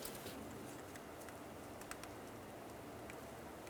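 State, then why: Not seated. A plastic electrical connector is being handled and lined up to plug into the blue mating connector on a 2012-2015 Honda Civic 1.8L L4 during starter replacement, since its bracket is broken. Faint, brief ticks of handling are heard over a steady low background hiss. Nothing has seated or clicked yet.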